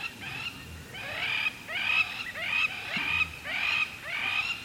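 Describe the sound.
Lapwing calls, wheezy slurred notes repeated in a quick, steady series over a soft background hiss.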